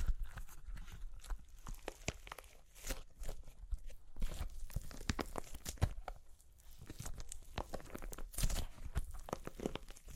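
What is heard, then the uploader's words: Dry, crunchy clay cracks and crumbles in a dense, irregular stream of sharp snaps and crackles across the whole ten seconds. Louder pops stand out around the middle and near eight and a half seconds, with a soft low rumble beneath the crisp breaking. Super Crunchy Clay Cracking (No Talking).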